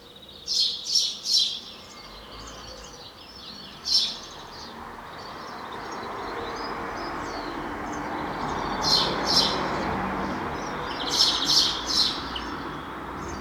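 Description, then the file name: House sparrow chirping in short bursts and groups throughout, over a broad background rumble that swells in the second half. "Passer domesticus"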